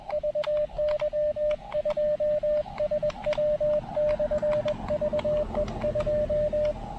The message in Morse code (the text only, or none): VY2SW/VE2